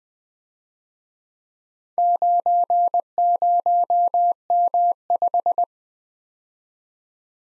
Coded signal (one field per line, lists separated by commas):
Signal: Morse code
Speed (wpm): 21 wpm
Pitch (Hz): 700 Hz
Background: none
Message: 90M5